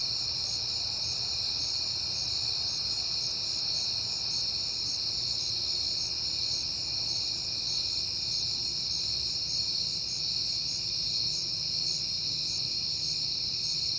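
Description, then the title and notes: Crickets in a dense chorus, a steady high shimmering trill in several layers that never stops, over a faint low rumble. Night recording made in September on a peaceful night; crickets heard often that month. "Night Time: Crickets and Passing Cars. It is September and I have been hearing the crickets a lot, but finally had a peaceful night to make the recording"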